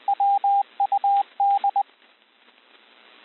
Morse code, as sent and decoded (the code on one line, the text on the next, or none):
.-- ..- -..
WUD